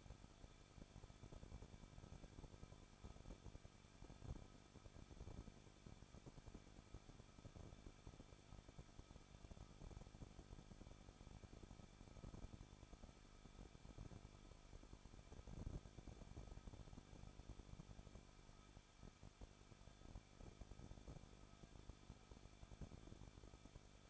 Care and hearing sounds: daily activity, microphone in the room; no activity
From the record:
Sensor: 5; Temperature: 20.9 degrees Celsius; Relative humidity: 38.1%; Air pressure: 1006.4 hPa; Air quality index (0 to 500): 187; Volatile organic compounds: 18 ppm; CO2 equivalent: 2622 ppm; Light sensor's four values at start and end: 2/3/1/1 and 2/3/1/1

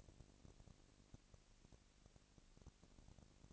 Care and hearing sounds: daily activity, microphone in the room; no activity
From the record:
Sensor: 4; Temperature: 22.5 degrees Celsius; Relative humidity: 33.4%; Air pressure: 999.7 hPa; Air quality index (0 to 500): 230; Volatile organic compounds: 20 ppm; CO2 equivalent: 2703 ppm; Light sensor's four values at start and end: 2/3/1/1 and 2/3/1/1

